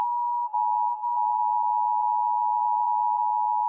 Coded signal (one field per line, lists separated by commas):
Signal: Emergency Alert System (SAME) tones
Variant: 853 and 960 Hz attention tone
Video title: EAS Mock #8 - Required Monthly Test #shorts #eas #easscenarios #emergencyalertsystem #trending